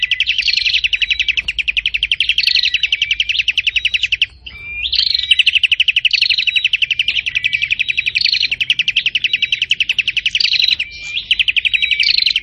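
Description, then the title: Prinia song, long runs of quick clipped chirps in a dense trill, pausing briefly midway, with higher whistled notes recurring every couple of seconds. "Burung Prenjak Gacor Parah"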